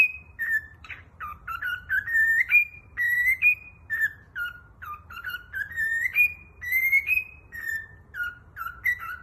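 Cockatiel song of bright whistled notes in a rising, stepping melody, repeated in phrases with little pause.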